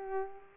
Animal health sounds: mosquito wingbeat signal from an infrared sensor; Culex pipiens

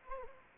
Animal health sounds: mosquito wingbeat signal from an infrared sensor; Anopheles gambiae

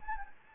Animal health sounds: mosquito wingbeat signal from an infrared sensor; Anopheles gambiae

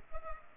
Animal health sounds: mosquito wingbeat signal from an infrared sensor; Culex pipiens

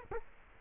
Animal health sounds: mosquito wingbeat signal from an infrared sensor; Culex quinquefasciatus

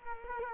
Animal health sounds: mosquito wingbeat signal from an infrared sensor; Culex quinquefasciatus

